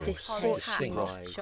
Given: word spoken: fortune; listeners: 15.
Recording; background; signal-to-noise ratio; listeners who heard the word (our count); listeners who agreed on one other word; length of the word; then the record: one English word in noise, from a listening test; four-talker babble; -2.1 dB; 1 of 15; 9 of 15; 1.02 s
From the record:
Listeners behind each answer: 9, 1, 1, 1, 1, 1, 1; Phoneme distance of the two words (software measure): 64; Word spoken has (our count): 2 syllables, 5 phonemes, stress on syllable 1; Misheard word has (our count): 2 syllables, 7 phonemes, stress on syllable 2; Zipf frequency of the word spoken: 4.51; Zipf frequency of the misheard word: 2.30